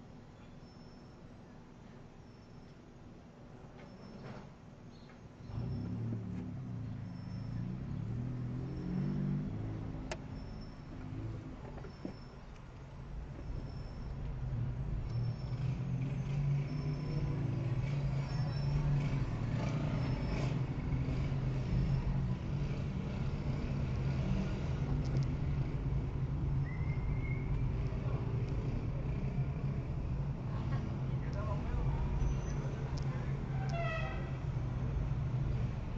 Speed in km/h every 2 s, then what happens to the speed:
0, 0, 0, 0, 9, 6, 8, 12, 10, 10, 15, 19, 21, 23, 23, 24, 24, 25.
0-7 standing. 7-26 pulls away to 23. 26-36 steady at about 24.